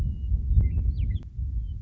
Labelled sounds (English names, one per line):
Western Meadowlark